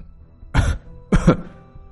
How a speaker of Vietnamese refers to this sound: ho lên như được mùa.